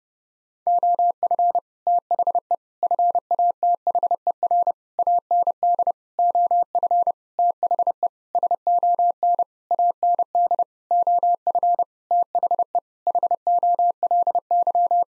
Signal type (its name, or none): Morse code